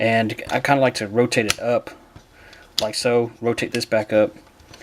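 Someone talks while rotating a plastic panel back up on a Transformers Combiner Wars Sky Reign transforming toy robot, moving it toward its locking position in the torso. Nothing has seated or clicked yet when the clip ends.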